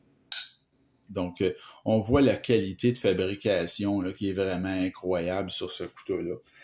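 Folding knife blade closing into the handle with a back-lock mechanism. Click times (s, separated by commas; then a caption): 0.3 s. A Spyderco Chaparral back-lock folding knife's light blade is helped shut by hand and snaps closed into the handle with a sharp click at 0.3 s. Someone then talks, praising the build quality.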